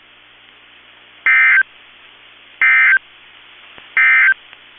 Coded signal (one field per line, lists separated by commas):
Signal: Emergency Alert System (SAME) tones